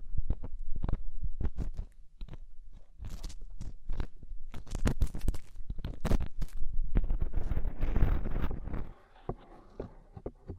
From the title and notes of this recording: ASMR INTENSE Deep Ear Cleaning (No Talking).